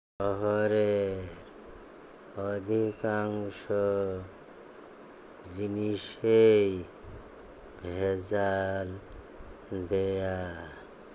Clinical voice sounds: elicited speech; Bengali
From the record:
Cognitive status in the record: dementia

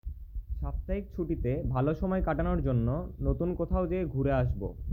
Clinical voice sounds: elicited speech; Bengali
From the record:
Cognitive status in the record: cognitively healthy

